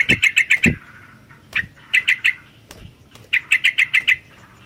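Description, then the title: Sooty-headed bulbul giving quick bursts of several bright chirps, separated by short pauses. "kutilang"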